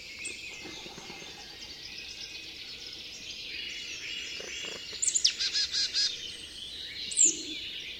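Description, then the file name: Marsh tit call: a short run of buzzy notes about two-thirds through and a sharp high note after, within a constant background of bird twittering. "Poecile palustris"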